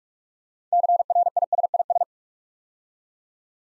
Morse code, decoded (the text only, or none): CRISIS